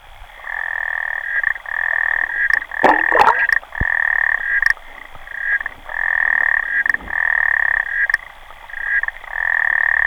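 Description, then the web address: Clawed frog giving long rapid clicking trills lasting about a second each, separated by short pauses, with a few sharp knocks in the first half. "sounds xenopus"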